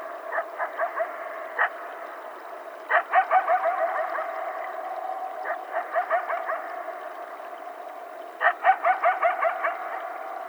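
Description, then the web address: Coyote group chorus: rapid clusters of sharp yips and barks repeat every few seconds over a steady, wailing howl. Several coyotes, recorded on 12 July 2010. "Coyote 2010 07 12 Coyotes"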